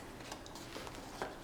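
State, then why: Not seated. The magnetic closure flaps of a folded cardstock prism gift box are handled as the box is folded up to close. Only soft rustles and brief faint ticks of handling are heard over low background noise, and the embedded magnets have not yet snapped together; nothing has seated or clicked yet.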